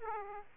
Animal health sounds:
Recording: mosquito wingbeat signal from an infrared sensor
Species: Aedes aegypti

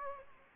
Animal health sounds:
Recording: mosquito wingbeat signal from an infrared sensor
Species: Aedes aegypti

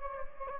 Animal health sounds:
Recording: mosquito wingbeat signal from an infrared sensor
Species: Anopheles gambiae

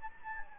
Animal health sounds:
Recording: mosquito wingbeat signal from an infrared sensor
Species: Anopheles gambiae

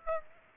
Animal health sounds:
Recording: mosquito wingbeat signal from an infrared sensor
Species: Aedes aegypti

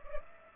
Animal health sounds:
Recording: mosquito wingbeat signal from an infrared sensor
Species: Culex pipiens

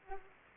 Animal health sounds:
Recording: mosquito wingbeat signal from an infrared sensor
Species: Anopheles arabiensis

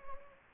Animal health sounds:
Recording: mosquito wingbeat signal from an infrared sensor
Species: Anopheles gambiae

